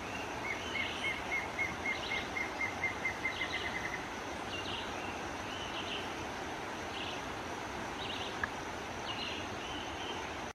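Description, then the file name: Plain antvireo song: a series of many even notes over about three and a half seconds, drifting slightly lower in pitch, with soft calls from other birds and a steady background hiss. "Canto do choquinha lisa"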